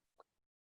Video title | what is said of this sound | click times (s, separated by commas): Tecnologías de Conectividad en Fibra para 40, 100 y 200 Gigabit Ethernet en el Centro de Datos | con conector mt o lo inserto hace clic y | 0.2 s